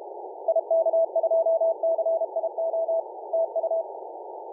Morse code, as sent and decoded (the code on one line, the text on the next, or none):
.. -.- ..--- -.-. .. --- / - ..-
IK2CIO TU